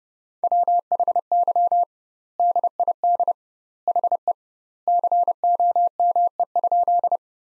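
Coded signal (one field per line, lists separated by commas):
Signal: Morse code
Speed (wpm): 30 wpm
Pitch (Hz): 700 Hz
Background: none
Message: WHY DID HE COME?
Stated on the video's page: Morse practice sentences from the top 200 words at 30 wpm with double word spacing, a Farnsworth-like method applied to words.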